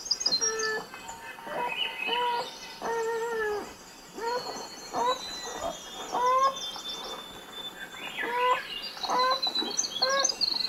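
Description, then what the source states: North American beaver kits crying: a run of short, nasal, harmonic whines, with a thrush singing softly above them. Adult and kits vocalizing inside a beaver lodge for a whole hour, recorded with a microphone dropped on top of the lodge; Swainson's thrush also present.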